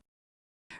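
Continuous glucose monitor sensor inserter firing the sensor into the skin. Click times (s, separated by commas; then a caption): 0.7 s. A TouchCare Nano continuous glucose monitor's plastic sensor inserter is held against the skin on the back of the upper arm while its gray button is pressed firmly. After a faint sound at the very start and near silence, one sharp click at 0.7 s fires the glucose sensor into the skin. The sensor is seated.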